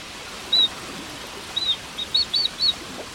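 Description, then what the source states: Torrent Duck whistles: a thin, high note, then several more short, piercing whistled notes in quick succession, over a steady rushing background hiss. Whitewater specialist of the Andes Mountains, living in frigid, raging rivers.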